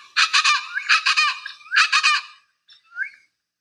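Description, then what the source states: Plain Chachalaca calling: three bursts of loud, grating, rhythmic notes, then a pause and a couple of quieter calls. Heard every morning near a house in the rainforest on the Belize River, Belize; identifies itself by its call; flies up into the treetops, which is how the speakers wake up.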